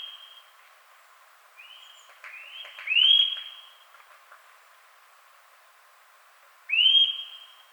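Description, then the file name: Eurasian nuthatch uttering a few upward-sliding whistles, including a louder note near three seconds and another near seven, with quiet gaps between them. "Sitta europaea"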